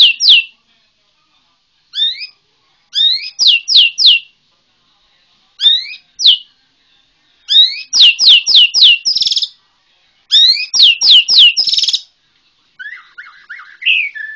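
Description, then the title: White-rumped shama song: repeated bursts of rapid descending sweeps with pauses between, some ending in a buzzy rattle, closing with a twittering phrase. Bornean white-rumped shama. "MURAI BORNEO MAS KIKI"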